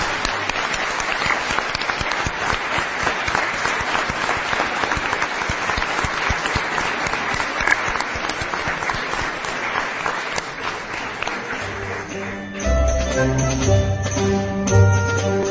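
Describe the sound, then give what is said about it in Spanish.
A large audience in León, Spain, claps steadily in a dense, crackling wash of applause for about twelve seconds at a live broadcast of the radio show La Rosa de los Vientos, then music with a strong low beat comes in as the clapping fades under it. “Como siempre, León nos acoge extraordinariamente, y a León se le va a escuchar ahora mismo en toda España con vuestro aplauso, aplauso de nosotros hacia vosotros.”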